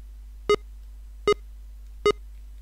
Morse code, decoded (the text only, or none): none